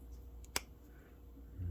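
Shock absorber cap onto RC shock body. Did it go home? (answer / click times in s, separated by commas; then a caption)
yes / 0.6 s. A plastic cap on an RC crawler shock absorber is pressed onto the shock body until it snaps on. A faint tick at 0.4 s is followed by a sharp, bright snap at 0.6 s over a low background hum, and the cap is confirmed seated in place.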